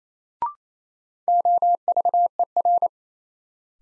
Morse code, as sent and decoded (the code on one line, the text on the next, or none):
--- ...- . .-.
OVER